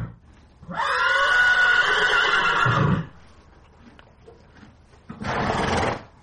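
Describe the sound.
Horse whinny, a long harsh neigh lasting about two seconds with a high tonal core, followed after a pause by a shorter breathy noise.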